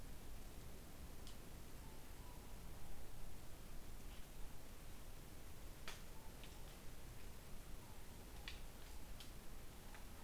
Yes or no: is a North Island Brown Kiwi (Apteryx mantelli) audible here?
no